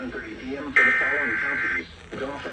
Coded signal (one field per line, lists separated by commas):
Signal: Emergency Alert System (SAME) tones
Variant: header bursts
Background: speech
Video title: EAS Severe Thunderstorm Warning FM Radio EAS#302